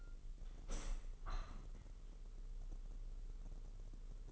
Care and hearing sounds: daily activity, microphone in the room; open window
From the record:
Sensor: 4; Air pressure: 996.5 hPa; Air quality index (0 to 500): 84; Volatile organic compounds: 4 ppm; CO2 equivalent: 1616 ppm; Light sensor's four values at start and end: 19/53/20/22 and 20/54/21/23

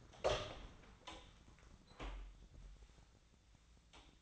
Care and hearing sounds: daily activity, microphone in the room; open door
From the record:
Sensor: 3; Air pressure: 1009.2 hPa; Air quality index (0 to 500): 192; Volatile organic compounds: 4 ppm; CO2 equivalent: 1552 ppm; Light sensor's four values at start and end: 49/128/55/56 and 49/128/55/56

